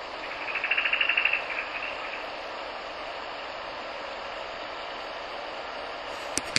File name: シロハラ警戒鳴 遠藤